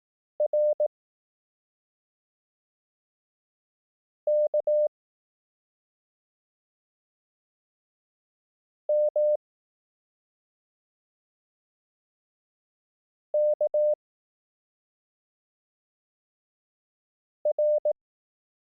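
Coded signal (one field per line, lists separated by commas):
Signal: Morse code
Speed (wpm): 18 wpm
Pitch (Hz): 600 Hz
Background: none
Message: R K M K R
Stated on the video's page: Morse code course, lessons 1–3, using the Koch method at 18 wpm.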